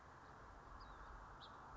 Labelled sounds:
House Finch
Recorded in Sonoma County, California

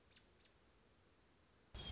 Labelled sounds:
American Robin
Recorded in Sonoma County, California

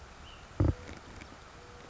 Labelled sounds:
Ash-throated Flycatcher
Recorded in Sonoma County, California

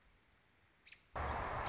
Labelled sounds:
American Robin
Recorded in Sonoma County, California

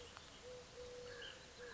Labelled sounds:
Eurasian Collared Dove
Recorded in Sonoma County, California

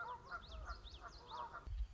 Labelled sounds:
Common Yellowthroat
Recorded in Sonoma County, California

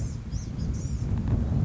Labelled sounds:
Blue-gray Gnatcatcher
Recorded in Sonoma County, California

